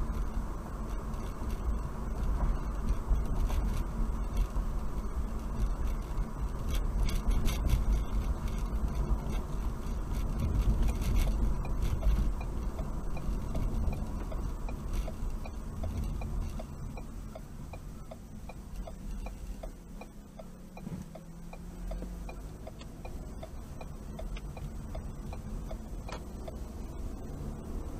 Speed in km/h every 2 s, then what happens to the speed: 42, 42, 40, 40, 39, 39, 39, 26, 19, 10, 5, 13, 15, 13.
0-12 steady at about 40. 12-19 brakes to 5.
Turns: 21-28.